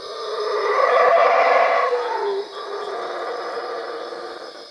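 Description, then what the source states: Howler monkey producing a loud, gravelly roar that fades into quieter rumbling howls, with steady insect hum in the background. Labelled Cuevas.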